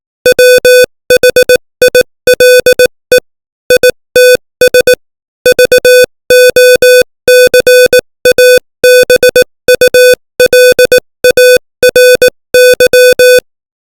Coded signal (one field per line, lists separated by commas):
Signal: Morse code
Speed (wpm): 18 wpm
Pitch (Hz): 500 Hz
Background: music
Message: WHILE ITS VOCABULARY